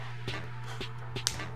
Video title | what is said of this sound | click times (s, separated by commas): How To Lace Jordan 6's | that button on until you hear that snapping. That's the non-lace lock move. | 1.3 s